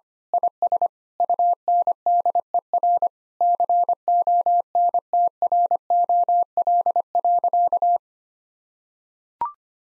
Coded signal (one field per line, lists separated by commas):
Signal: Morse code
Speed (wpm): 25 wpm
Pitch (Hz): 700 Hz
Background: none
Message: IS UNDER CONTROL.